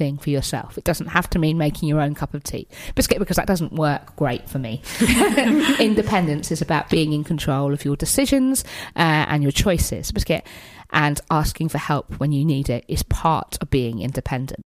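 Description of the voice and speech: An adult woman with Tourette syndrome speaks fluently but twice drops the unrelated word "biscuit" into her sentences, an involuntary Tourette vocal tic.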